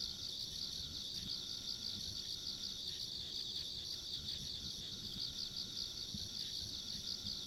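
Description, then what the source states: Insects chirring in unbroken high pulsing trills, a second finer trill above, steady low rumble beneath. Ambient insect sounds along a rural country road.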